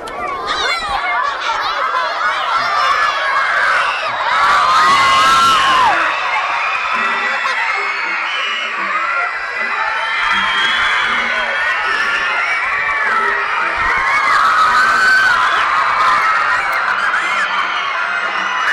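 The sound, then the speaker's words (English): A crowd of children screams and shouts continuously, their high-pitched yells and whoops overlapping in a loud, chaotic din that swells and surges for the whole stretch. “Don't come up here if anybody can't, but scream so that I can hear.”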